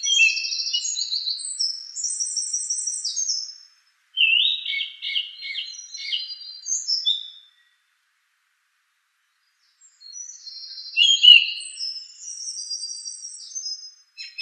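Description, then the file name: Song thrush: songbird delivering dense, high, scratchy and twittering phrases in bursts separated by short silences, with little obvious repetition. "suara-kicauan-burung-song-thrush 7-omkicau"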